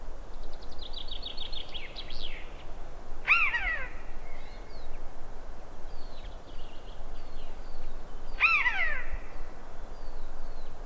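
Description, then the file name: Eurasian jay calling twice, about five seconds apart, each a harsh falling note rich in overtones. Thin high twittering from other small birds and a low background rumble. "Garrulus glandarius"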